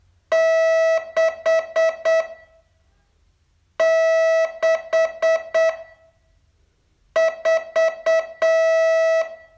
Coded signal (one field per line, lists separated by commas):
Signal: Morse code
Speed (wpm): 8 wpm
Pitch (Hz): 650 Hz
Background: none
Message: 664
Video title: Learn Morse in 42 Days from VU2LAU - day 31 test